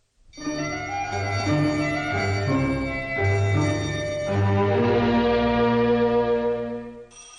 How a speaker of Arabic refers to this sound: ايه ده؟ مين اللي بيضرب جرس الباب بالشكل ده؟ اللهم اجعله خير.